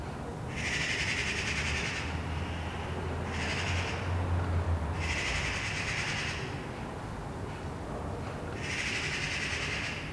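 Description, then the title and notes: Eurasian magpie chattering in four harsh, rattling bursts separated by short pauses, over low background rumble. Several magpies chattering in a tree, heard from a balcony in Saint-Gilles, Belgium, on a Sunday morning; recorded on a Sony PCM-D100. "Saint-Gilles, Belgique - Magpies. Dimanche matin sur le balcon. Des pies jacassent dans un arbre. Sunday morning on the balcony. Magpies chattering in a tree"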